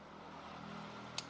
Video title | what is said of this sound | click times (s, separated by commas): Restorasi All New Corolla AE111 lPart 1l | Gampang sekali ya bunyinya plk Gitu Bos | 1.2 s